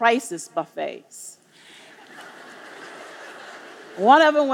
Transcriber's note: laughter